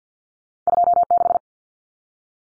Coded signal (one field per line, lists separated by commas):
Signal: Morse code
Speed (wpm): 48 wpm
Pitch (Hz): 700 Hz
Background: none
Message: 26